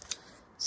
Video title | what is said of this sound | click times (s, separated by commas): Master Face Down 3D Printing: Tinkercad Fidget Toy Tutorial 💯🔥 | Enclenchez-le. | 0.0 s, 0.1 s